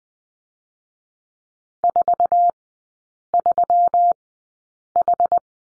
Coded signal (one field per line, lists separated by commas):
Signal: Morse code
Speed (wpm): 20 wpm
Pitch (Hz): 700 Hz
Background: none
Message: 43H